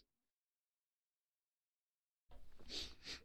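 Middle-aged man coughing, heard live during a radio broadcast.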